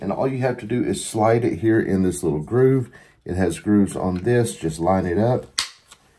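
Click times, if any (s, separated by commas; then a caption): 5.9 s. A plastic hook is slid along the grooves of a shower suction cup base while someone talks. It snaps into place with a short, sharp click at 5.9 s, locking the hook in.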